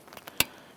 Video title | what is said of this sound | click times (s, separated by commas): How to Replace Low Beam Light Bulb 2005-2010 Chrysler 300 | and press it up and you feel it click into place | 0.4 s